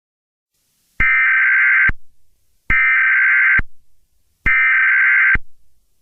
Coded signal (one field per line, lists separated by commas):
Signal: Emergency Alert System (SAME) tones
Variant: header bursts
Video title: (One Year Special) EAS Scenario 8|| Cresent Moon Remastered